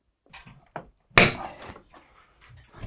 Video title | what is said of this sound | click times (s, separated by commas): Electric Pleated Skylight Blinds and Lantern Blinds - How to Install | you can hear again it's clicked in place with a loud click you know that that is secure | 1.2 s